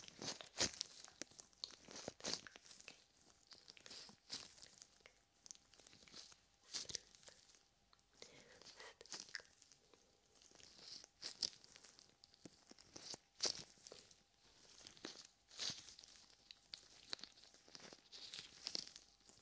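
Gloved hands cup and rub close to the ear, making irregular crinkly rustles and sharp crackling bursts every second or two.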